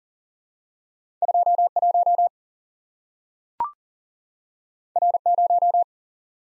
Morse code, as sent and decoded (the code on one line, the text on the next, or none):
..--- / .---- / .-. / -----
2 1 R 0